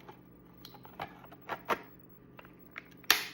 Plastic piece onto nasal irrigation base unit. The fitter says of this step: And hear it click. So, this is how it goes together.